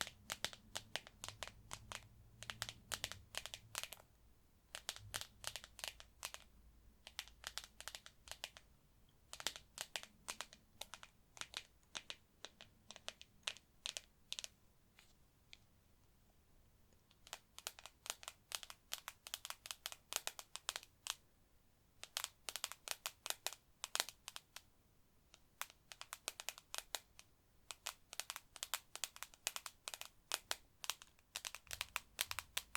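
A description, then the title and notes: Rapid, crisp tapping comes in dense bursts of several seconds, broken by brief pauses. The taps are bright with a clicky, crinkly texture, and a soft low hum sits underneath, strongest near the start and end. ASMR Tapping To Help You Sleep (No Talking).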